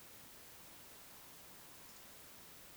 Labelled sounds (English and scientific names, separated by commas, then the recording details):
Eurasian Woodcock (Scolopax rusticola) whistle, Eurasian Woodcock (Scolopax rusticola) croak
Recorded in Baden-Württemberg, Germany, on 21 June 2020 at 02:22 UTC
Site 49006, 684 m above sea level